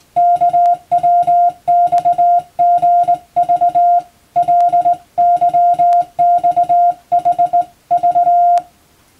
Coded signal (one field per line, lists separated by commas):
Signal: Morse code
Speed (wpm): 20 wpm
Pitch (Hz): 700 Hz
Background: music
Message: KWXGV LYXHV